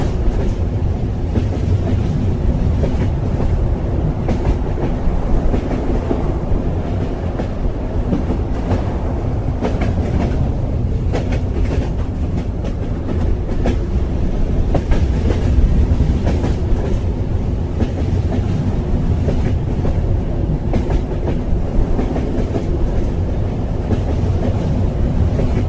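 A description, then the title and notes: Inside a long-distance sleeper train, a steady low rumble of the carriage fills the whole stretch without letup. Faint rhythmic clicks of wheels over rail joints recur through it, with occasional soft rattles and creaks from the car, and the level stays even throughout. Rocking sleeper, green leather train, long-distance train, lying on a soft sleeper is really comfortable.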